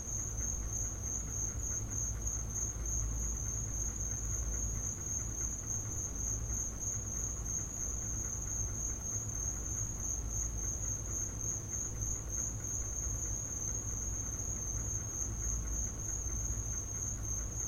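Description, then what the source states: Crickets trilling continuously at a high pitch throughout, with steady low-frequency background rumble. Crickets in the recordist's back yard; field recording.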